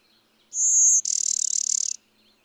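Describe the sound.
Bird song, a thin high steady whistle lasting half a second, then a dry buzzy rapid trill for about a second, in otherwise quiet surroundings.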